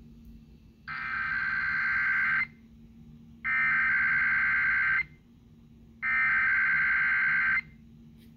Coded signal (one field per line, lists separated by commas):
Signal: Emergency Alert System (SAME) tones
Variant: header bursts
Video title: KDKA Weekly with the SDR full (5/21/23) (EAS 1966)